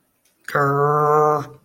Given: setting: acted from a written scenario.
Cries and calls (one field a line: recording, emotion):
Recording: vocal sound without words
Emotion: anger